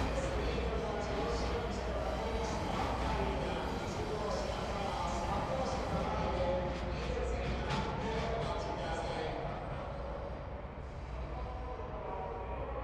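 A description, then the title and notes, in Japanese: A train departs from a busy station platform while people talk. A steady low rumble of the idling locomotive runs underneath. Bright clatters and squeals come often through the first nine seconds, then the sound settles slightly quieter. Sleeper limited express Twilight Express departure scene from Sapporo Sta.The first memorable recording with the first PCM recorder [ZOOM H2] is the [Twilight Express] departing from Sapporo Station.トワイライトエクスプレス 札幌駅発車シーン。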